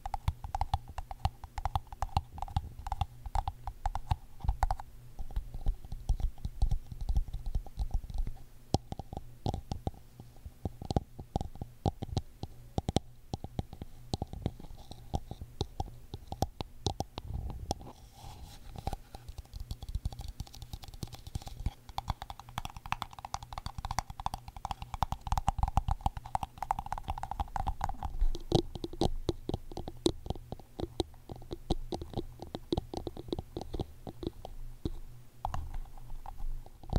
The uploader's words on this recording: ASMR Tapping For Sleep (No Talking).